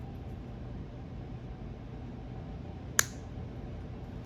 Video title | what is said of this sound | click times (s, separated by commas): UGears Pendulum - Part 1 | you should hear it snap too | 3.0 s